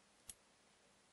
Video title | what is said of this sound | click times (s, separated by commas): ABUS XP1 Zylinder schließt nicht, Kupplung defekt Reparatur Video 1115 | und ist jetzt eingerastet. | 0.3 s